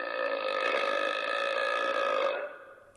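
A long, steady, frankly disgusting burp from an adult, with a clear, mid-pitched tonal quality, lasting about two and a half seconds and then fading out.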